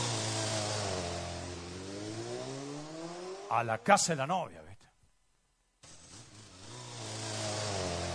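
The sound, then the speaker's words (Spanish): A motorcycle engine revs with a steady, rising drone, then a man speaks briefly over it. After a short silence the engine picks up again, humming loudly. “Y arrancó con la moto, ¿viste? Arrancó con la moto.”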